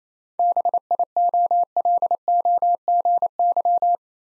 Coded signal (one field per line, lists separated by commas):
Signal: Morse code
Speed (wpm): 27 wpm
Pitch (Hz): 700 Hz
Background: none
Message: BIOLOGY